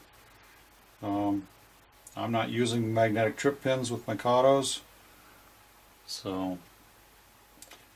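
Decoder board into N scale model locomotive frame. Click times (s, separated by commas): 7.6 s, 7.7 s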